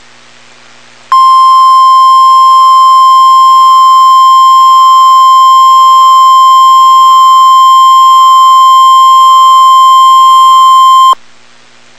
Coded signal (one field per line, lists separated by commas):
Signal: Emergency Alert System (SAME) tones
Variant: 1050 Hz attention tone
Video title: Tornado Warning (EAS #359)